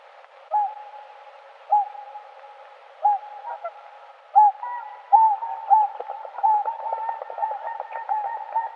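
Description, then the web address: Whooper swan calls: clear, hooting notes repeated about once a second, becoming busier and overlapping toward the end as more calls join in. Recorded in Uzbekistan. "Uzbek hayvonlar. Cygnus cygnus"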